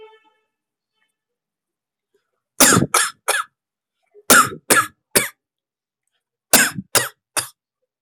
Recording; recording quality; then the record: shallow voluntary cough; excellent, no background noise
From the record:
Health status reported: COVID-19 positive, mild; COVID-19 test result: positive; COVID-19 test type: RT-PCR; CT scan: not taken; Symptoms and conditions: cough, cold, sore throat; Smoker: no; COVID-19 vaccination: both doses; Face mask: not worn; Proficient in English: yes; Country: India